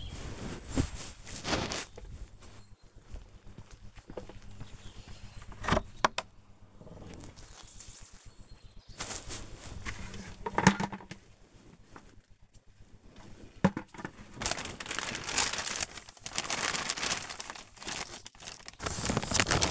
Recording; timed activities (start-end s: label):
household activities, microphone on the right wrist
0.00-19.70 s: working in the garden